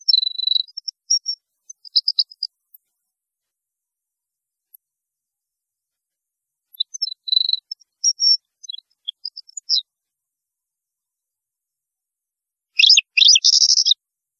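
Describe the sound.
European goldfinch song: high twittering phrases of quick varied notes, some trilled, in two bouts separated by pauses, ending in a dense tinkling burst.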